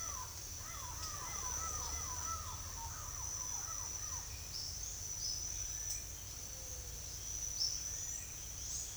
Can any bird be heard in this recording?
yes